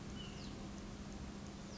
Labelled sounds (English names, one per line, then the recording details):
White-breasted Nuthatch
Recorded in Sonoma County, California